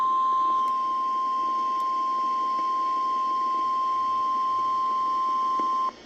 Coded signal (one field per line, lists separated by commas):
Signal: Emergency Alert System (SAME) tones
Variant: 1050 Hz attention tone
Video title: EAS #735 Severe Thunderstorm Warning